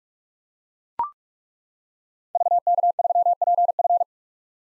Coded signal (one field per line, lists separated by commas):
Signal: Morse code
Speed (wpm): 41 wpm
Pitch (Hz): 700 Hz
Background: none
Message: VK3PF